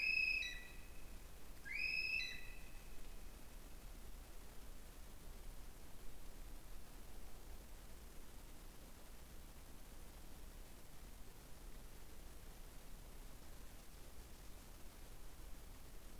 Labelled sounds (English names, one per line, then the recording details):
North Island Brown Kiwi male call
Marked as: faintness 1/5
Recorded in New Zealand on 20 November 2014
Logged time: 21:29
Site CL78